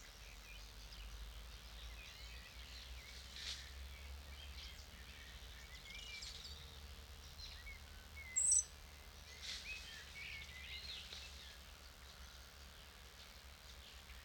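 An evening in a clay pit: a steady low rumble under soft rustling and faint bird chirps, with one sharp high chirp near eight seconds.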